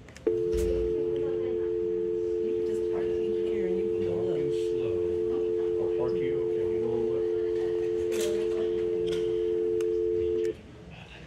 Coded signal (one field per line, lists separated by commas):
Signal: telephone call progress tone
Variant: North America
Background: speech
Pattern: dial tone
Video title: Cisco IP phone 7962: Dial tone